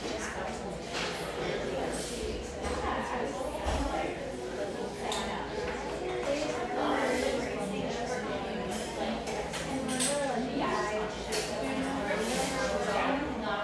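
A humming café near the beach, filled with a steady blur of overlapping voices at an even level throughout. Scattered bright clinks and short clattering sounds pop up every second or two, over a low, constant murmur.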